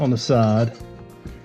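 Someone talks while the upper half of the plastic throttle assembly for a John Deere D100 series lawn tractor (D170, D150, D125) is slid from the side onto the lower half during a throttle replacement. The clip ends before the part goes home, so nothing has seated or clicked yet.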